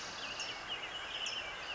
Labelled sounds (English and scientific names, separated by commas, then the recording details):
California Towhee (Melozone crissalis)
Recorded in Sonoma County, California